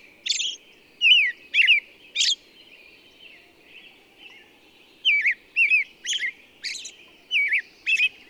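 Bird song in short bright phrases of quick slurred and warbled notes, given in two bursts separated by a pause of a few seconds; soft low background hum.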